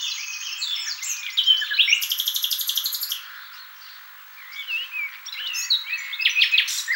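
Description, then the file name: Common nightingale song with varied whistles and chirps, a fast rattling trill of rapidly repeated notes in the middle, a brief lull, then more varied phrases. "Luscinia megarhynchos"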